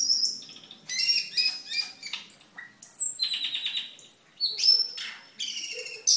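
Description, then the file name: Camperling singing rapid high phrases that mix thin whistles, rising slurs and rattling buzzes. "camperling omkicau"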